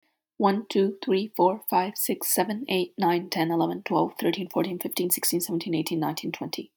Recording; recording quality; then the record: counting at a fast pace; excellent, no background noise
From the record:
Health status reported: exposed to COVID-19, no respiratory illness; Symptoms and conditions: none ticked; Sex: female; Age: 18 years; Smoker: not ticked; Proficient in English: yes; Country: Canada